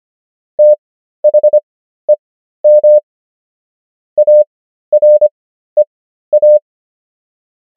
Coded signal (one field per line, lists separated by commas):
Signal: Morse code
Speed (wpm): 25 wpm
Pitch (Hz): 600 Hz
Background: none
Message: THEM AREA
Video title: morse code practice | 25wpm | 13fw | 500 most common words | ENGLISH